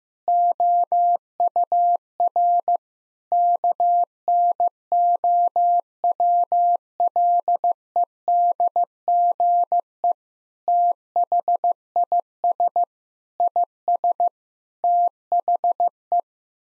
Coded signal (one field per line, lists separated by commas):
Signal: Morse code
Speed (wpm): 15 wpm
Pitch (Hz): 700 Hz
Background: none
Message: OUR KNOWLEDGE THIS IS THE